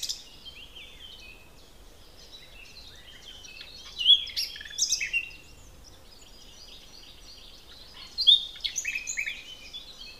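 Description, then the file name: Common nightingale song with two loud, varied phrases of sharp whistles and rattles about four seconds apart, softer chirping between them. "Luscinia megarhynchos"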